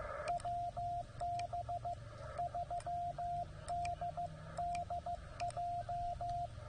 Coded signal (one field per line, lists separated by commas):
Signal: Morse code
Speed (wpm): 15 wpm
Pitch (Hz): 700 Hz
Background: radio noise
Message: WB3DDJ